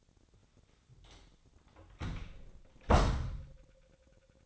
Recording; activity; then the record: daily activity, microphone in the room; close door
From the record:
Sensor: 3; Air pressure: 1007.2 hPa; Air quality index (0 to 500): 201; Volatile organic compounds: 17 ppm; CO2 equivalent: 2568 ppm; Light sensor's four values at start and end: 12/29/12/12 and 12/28/12/12